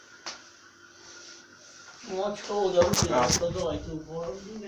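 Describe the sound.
A single brief thud of a door being shut, followed after a short pause by people talking over a soft background hum.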